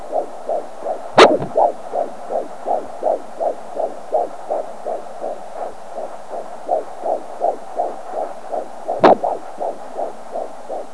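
Rapid, regular whooshing pulses near 160 a minute, with two probe clicks: a normal fetal heartbeat heard on a Doppler monitor during a third pregnancy.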